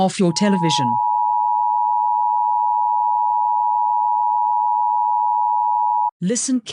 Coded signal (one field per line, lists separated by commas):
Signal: Emergency Alert System (SAME) tones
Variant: 853 and 960 Hz attention tone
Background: speech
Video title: South African EAS Alert FAKE/MOCK [READ DESCRIPTION]